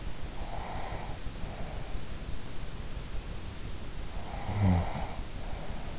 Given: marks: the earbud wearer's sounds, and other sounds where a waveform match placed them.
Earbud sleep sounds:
sounds in sleep by an in-ear microphone; breath, snoring breath
0.23-2.04 s: breath
4.35-5.99 s: snoring breath

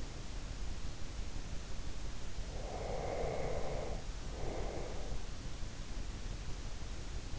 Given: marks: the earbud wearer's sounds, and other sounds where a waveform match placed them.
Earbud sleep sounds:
sounds in sleep by an in-ear microphone; breath
2.52-5.33 s: breath

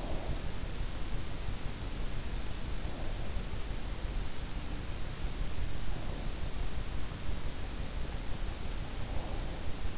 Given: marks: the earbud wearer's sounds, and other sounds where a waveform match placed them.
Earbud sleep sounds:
sounds in sleep by an in-ear microphone; breath
0.00-0.64 s: breath

